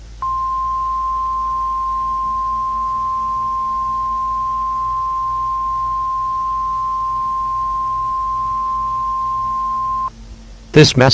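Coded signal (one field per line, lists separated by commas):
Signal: Emergency Alert System (SAME) tones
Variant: 1050 Hz attention tone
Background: speech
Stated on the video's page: Fictional EAS scenario about a catastrophic hurricane; may contain valid EAS tones.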